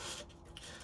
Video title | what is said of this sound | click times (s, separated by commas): Stringing the Harrow Vapor 110 | So hear the clunk as I lock the machine. | 0.6 s